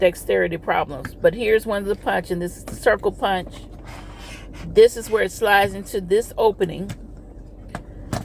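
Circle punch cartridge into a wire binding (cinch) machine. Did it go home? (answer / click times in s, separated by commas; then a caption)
yes / 7.8 s. Someone talks while a circle punch cartridge is slid into the opening of a We R Memory Keepers Multi Cinch wire binding machine. At 7.8 s, the cartridge snaps into place with a single sharp click and is seated.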